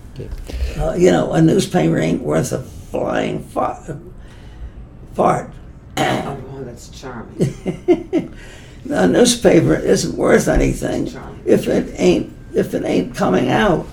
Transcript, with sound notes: You know, a newspaper ain’t worth a blind fart, fart—
that’s charming. [laughs]
No, a newspaper isn’t worth anything—
Charming.
If it ain’t, if it ain’t coming out